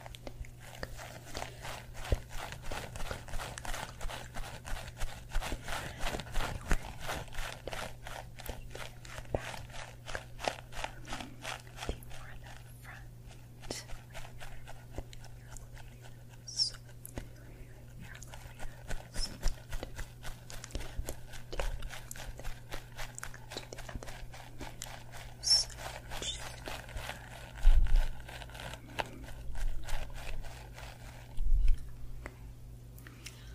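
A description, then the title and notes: Scalp massage: dense, quick scratching and crackling strokes through hair, fairly regular throughout, over a steady low hum, with a few sharper rubs near the end. ASMR Scalp Massage of Dreams.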